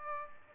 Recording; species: mosquito wingbeat signal from an infrared sensor; Aedes aegypti